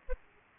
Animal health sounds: mosquito wingbeat signal from an infrared sensor; Aedes aegypti

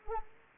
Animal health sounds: mosquito wingbeat signal from an infrared sensor; Anopheles arabiensis

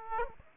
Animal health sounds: mosquito wingbeat signal from an infrared sensor; Aedes aegypti

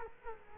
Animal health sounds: mosquito wingbeat signal from an infrared sensor; Culex quinquefasciatus

